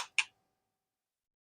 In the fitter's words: and you'll hear that clunk again